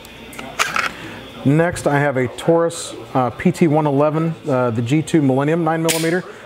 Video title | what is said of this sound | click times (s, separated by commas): Safariland GLS Holster Review | again you put it back in clicks locks into place | 0.6 s